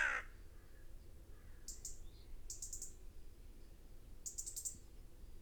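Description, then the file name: European robin calls: a brief loud sound at the start, then high, rapid ticking bursts in three short clusters over a quiet, low hum. "Erithacus rubecula"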